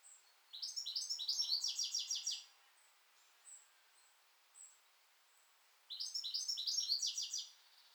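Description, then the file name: European goldfinch giving bright, tinkling twittered phrases of rapid chirps, one burst lasting about two seconds, two soft single notes, then another twittering burst. "Carduelis carduelis"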